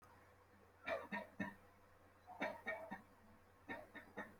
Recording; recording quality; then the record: shallow voluntary cough; moderate, slight background noise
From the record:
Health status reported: healthy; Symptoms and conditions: hypertension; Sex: male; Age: 29 years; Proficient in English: yes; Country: India